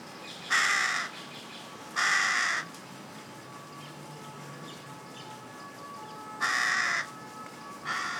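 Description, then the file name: Carrion crow uttering four grating caws, two early and two near the end, separated by a long quiet pause. "Corvus corone"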